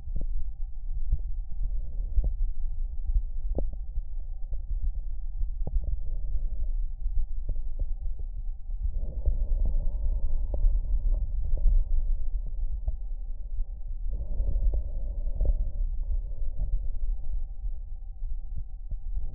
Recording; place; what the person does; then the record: lung sounds by stethoscope; right anterior apical chest; quiet breathing, then deep breathing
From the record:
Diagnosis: asthma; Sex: female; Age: 77 years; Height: 160 cm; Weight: 68.7 kg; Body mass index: 26.6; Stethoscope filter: extended mode